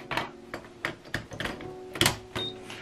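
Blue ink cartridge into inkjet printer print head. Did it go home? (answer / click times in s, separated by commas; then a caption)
yes / 2.0 s. A blue ink cartridge is pushed into its slot in the print head of a Canon PIXMA TS9150 inkjet printer. Several sharp plastic ticks and rattles are heard before a louder click at 2.0 s as the cartridge seats in place.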